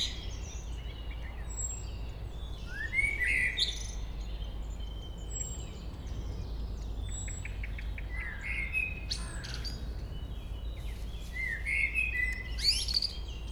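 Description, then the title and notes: Common blackbird song with scattered fluty phrases and high scratchy twitters, one short rapid ticking series in the second half, set against continuous low background noise. Local bird singing at Chemin des cris, Chindrieux, France. "Chemin des cris, 73310 Chindrieux, France - Merle. Un beau chant de merle local"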